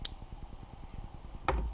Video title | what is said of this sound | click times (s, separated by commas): Gopro Hero 7 Silver review | onto the metal bar until you hear that click. Close it. | 0.1 s